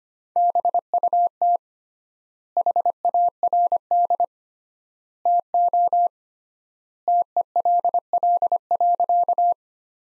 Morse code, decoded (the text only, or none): BUT HARD TO TELL.